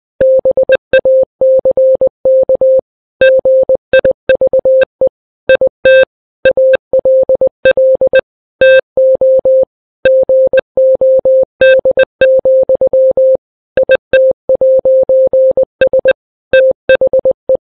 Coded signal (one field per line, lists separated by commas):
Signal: Morse code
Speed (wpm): 20 wpm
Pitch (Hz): 520 Hz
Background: none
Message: BACK GIVE IT ALL TO GOD, IT'S THE